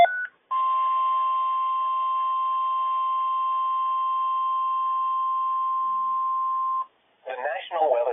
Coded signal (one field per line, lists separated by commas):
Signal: Emergency Alert System (SAME) tones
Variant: 1050 Hz attention tone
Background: speech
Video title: Some EAS alerts from the 3/16/26 “Moderate/Level 4” Risk - EAS #1,012-1,020